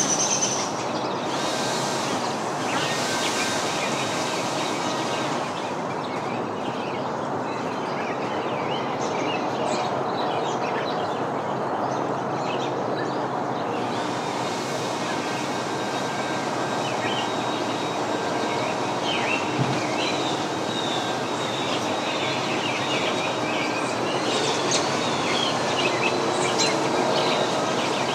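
A leaf blower roars steadily for the whole stretch, a dense, even rush with a low hum underneath. Backyard birds chirp and whistle in short, bright bursts above it, scattered throughout and growing busier in the second half.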